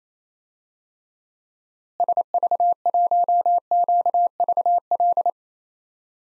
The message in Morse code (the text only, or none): SV1QVL